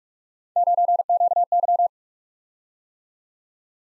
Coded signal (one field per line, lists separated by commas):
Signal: Morse code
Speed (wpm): 44 wpm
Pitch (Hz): 700 Hz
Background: none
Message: 9QY